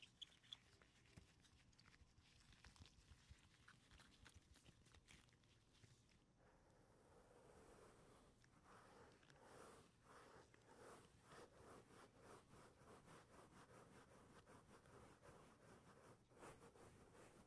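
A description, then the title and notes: Latex gloves rub and crinkle in a steady, dense stream of soft friction sounds with no pauses. The first six seconds carry sharper, brighter snapping and squeaking; after that the rubbing turns smoother and lower, swelling in slow, regular strokes until the end. ASMR personal attention with latex gloves.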